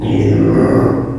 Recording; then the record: squeal of a Yucatan mini pig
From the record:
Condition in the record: before surgery on the right vocal fold (resection and tissue-engineered implant); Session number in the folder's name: 1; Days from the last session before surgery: -3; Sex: male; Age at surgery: 12 weeks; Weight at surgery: 13 kg